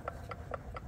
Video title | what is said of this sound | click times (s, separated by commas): STORM Gets A Pro Triple Disk Circle D Stall Converter Installed | you hear like a little click back and forth | 0.1 s, 0.3 s, 0.5 s, 0.8 s